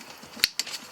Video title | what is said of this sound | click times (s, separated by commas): Clearing Out The Van - Part 1 - How To Convert/Build A Camper Van | should hear a few clicks | 0.4 s, 0.6 s